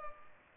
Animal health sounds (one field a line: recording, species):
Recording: mosquito wingbeat signal from an infrared sensor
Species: Culex pipiens